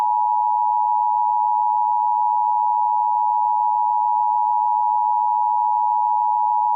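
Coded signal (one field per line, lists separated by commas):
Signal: Emergency Alert System (SAME) tones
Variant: 853 and 960 Hz attention tone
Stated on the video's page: Fictional EAS scenario about a tornado outbreak, made in KineMaster with a narrator voice app.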